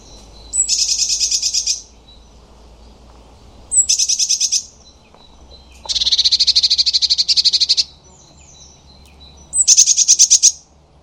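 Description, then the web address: Eurasian blue tit call: four buzzy churring bouts, most opening with a high thin note, the third bout longer and denser than the rest, roughly every two to four seconds. "cianscape birddata Deverinetal 2025 File origin Bird Only Cy Ca"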